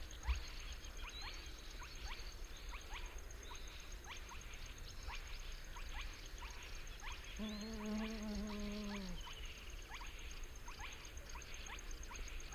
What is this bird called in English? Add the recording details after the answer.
Spotted Crake. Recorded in the wild. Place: Kützerhof, Kummerower See, Mecklenburg-Vorpommern, DE. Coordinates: 53.8544, 12.8603. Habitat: wetland. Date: 2009-06-16. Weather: heiter, schwacher Wind aus West, ca. 15 °C. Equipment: Sound Devices 702, Sennheiser MKH 70, Popschutz. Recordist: Frommolt, Karl-Heinz. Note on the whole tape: Polder Große Rosin bei Kützerhof: Rufe von zwei Tüpfelsumnpfhühnern. Tiere nicht gesehen